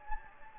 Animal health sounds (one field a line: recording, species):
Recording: mosquito wingbeat signal from an infrared sensor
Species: Anopheles gambiae